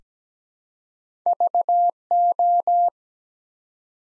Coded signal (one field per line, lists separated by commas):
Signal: Morse code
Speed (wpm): 17 wpm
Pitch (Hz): 700 Hz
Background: none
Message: VO